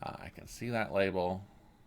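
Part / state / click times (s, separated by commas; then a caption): memory card into trail camera card slot / not seated / none. A microSD card is handled at the spring-loaded card slot of a Meidase trail camera, label side oriented as shown, while someone talks. Nothing has seated or clicked yet; the clip ends just before the card goes home.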